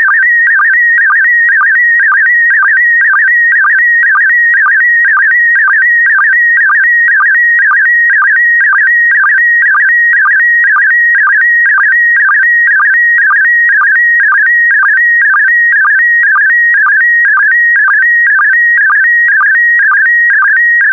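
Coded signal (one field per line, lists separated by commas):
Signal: SSTV (slow-scan television)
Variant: PD120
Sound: continuous warbling tone with rapid regular chirps, steady rhythm about four per second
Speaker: complete. You can now check your decoded image against the picture that is shown on the video.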